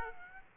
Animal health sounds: mosquito wingbeat signal from an infrared sensor; Aedes aegypti

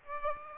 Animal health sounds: mosquito wingbeat signal from an infrared sensor; Aedes aegypti

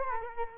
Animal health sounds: mosquito wingbeat signal from an infrared sensor; Culex quinquefasciatus

